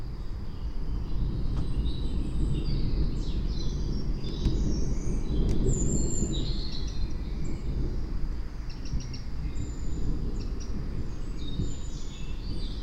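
Bird calls, several short chirps and high thin whistles scattered throughout over a steady low rumble.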